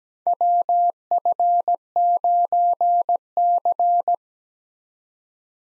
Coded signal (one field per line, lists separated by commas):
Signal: Morse code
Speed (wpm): 17 wpm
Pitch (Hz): 700 Hz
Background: none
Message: WF9C